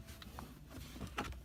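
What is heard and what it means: A short shifter assembly on a Subaru Impreza WRX STI is pushed down one-handed into its shifter housing and bushing. Faint small knocks come before a distinct click at 1.2 s as it snaps into place. The shifter is seated all the way down.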